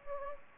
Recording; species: mosquito wingbeat signal from an infrared sensor; Anopheles gambiae